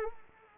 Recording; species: mosquito wingbeat signal from an infrared sensor; Anopheles arabiensis